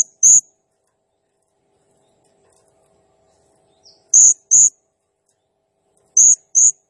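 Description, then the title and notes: Blue-crowned hanging parrot giving piercing high squeaks, one alone and then two close pairs, with silence between. Singing energetically (gacor, nembak style); recording used as masteran (training sound) and lure for birds, said to stir up all birds. "Burung Serindit Nembak Gacor Bikin Emosi Semua Burung. Suara Nasteran Dan Pemikat Burung Serinditan Gacor"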